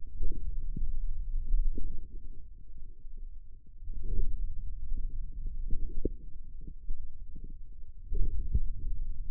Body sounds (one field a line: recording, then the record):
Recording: forearm muscle sounds (acoustic myography)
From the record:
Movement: finger pinch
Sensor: system 2, bracelet of six BSWA MPA416 microphones around the upper forearm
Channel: 6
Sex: male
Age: 22 years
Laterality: right